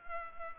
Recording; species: mosquito wingbeat signal from an infrared sensor; Culex pipiens